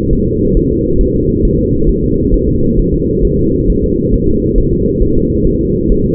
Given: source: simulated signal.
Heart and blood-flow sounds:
fetal heart sounds
0.13 s: S1
0.27 s: S2
0.57 s: S1
0.72 s: S2
1.01 s: S1
1.15 s: S2
1.45 s: S1
1.59 s: S2
1.89 s: S1
2.04 s: S2
2.34 s: S1
2.49 s: S2
2.79 s: S1
2.94 s: S2
3.25 s: S1
3.39 s: S2
3.70 s: S1
3.84 s: S2
4.14 s: S1
4.28 s: S2
4.58 s: S1
4.73 s: S2
5.02 s: S1
5.17 s: S2
5.47 s: S1
5.61 s: S2
5.92 s: S1
6.06 s: S2
From the record:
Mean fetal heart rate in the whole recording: 135 bpm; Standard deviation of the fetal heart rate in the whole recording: 3 bpm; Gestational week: 36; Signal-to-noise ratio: -15.3 dB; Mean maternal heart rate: 72 bpm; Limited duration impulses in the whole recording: present

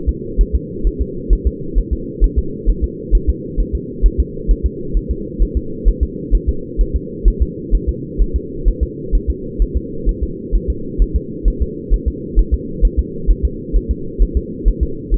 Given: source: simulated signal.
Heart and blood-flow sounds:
fetal heart sounds
0.09 s: S2
0.41 s: S1
0.55 s: S2
0.87 s: S1
1.01 s: S2
1.33 s: S1
1.47 s: S2
1.78 s: S1
1.93 s: S2
2.24 s: S1
2.39 s: S2
2.70 s: S1
2.84 s: S2
3.15 s: S1
3.29 s: S2
3.60 s: S1
3.75 s: S2
4.06 s: S1
4.20 s: S2
4.51 s: S1
4.66 s: S2
4.97 s: S1
5.11 s: S2
5.42 s: S1
5.57 s: S2
5.89 s: S1
6.03 s: S2
6.35 s: S1
6.49 s: S2
6.81 s: S1
6.96 s: S2
7.28 s: S1
7.42 s: S2
7.75 s: S1
7.89 s: S2
8.21 s: S1
8.36 s: S2
8.68 s: S1
8.83 s: S2
9.15 s: S1
9.30 s: S2
9.62 s: S1
9.77 s: S2
10.09 s: S1
10.23 s: S2
10.55 s: S1
10.70 s: S2
11.02 s: S1
11.16 s: S2
11.48 s: S1
11.62 s: S2
11.94 s: S1
12.08 s: S2
12.39 s: S1
12.54 s: S2
12.85 s: S1
12.99 s: S2
13.31 s: S1
13.45 s: S2
13.77 s: S1
13.91 s: S2
14.23 s: S1
14.37 s: S2
14.68 s: S1
14.83 s: S2
15.14 s: S1
From the record:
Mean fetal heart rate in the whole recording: 130 bpm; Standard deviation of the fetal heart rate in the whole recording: 2 bpm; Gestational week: 36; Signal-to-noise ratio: -4.3 dB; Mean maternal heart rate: 72 bpm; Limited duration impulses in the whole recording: absent

